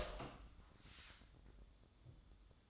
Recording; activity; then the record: daily activity, microphone in the room; open door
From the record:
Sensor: 3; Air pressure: 1004.8 hPa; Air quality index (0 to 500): 77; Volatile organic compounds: 2 ppm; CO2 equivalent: 1160 ppm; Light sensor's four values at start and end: 8/19/8/7 and 8/19/8/7